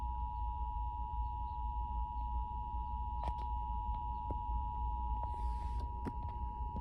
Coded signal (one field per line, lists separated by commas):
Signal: Emergency Alert System (SAME) tones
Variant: 853 and 960 Hz attention tone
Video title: Flash Flood Warning on WHYY-FM [TFT EAS 911 Relay] [EAS #512]